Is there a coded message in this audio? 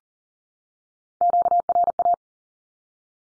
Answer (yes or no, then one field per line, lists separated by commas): yes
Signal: Morse code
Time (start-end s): 1.2-2.1 s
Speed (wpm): 40 wpm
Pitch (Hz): 700 Hz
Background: none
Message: QRA